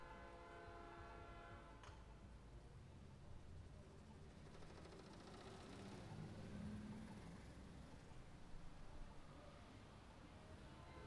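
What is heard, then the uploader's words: A train rumbles past a sidewalk with a steady low roar, its horn sounding in the first two seconds, then a continuous rolling din. City sidewalk.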